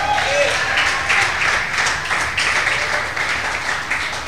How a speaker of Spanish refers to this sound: Ya para que estuvieras aplaudiendo, gritando.